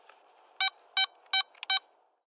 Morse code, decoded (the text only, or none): none